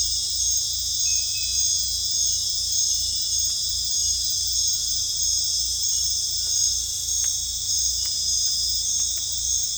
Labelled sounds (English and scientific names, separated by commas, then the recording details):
none
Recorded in dense forest near Puerto Asís, Putumayo, Colombia, on 18 December 2024 at 21:00
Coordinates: 0.486, -76.317
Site G003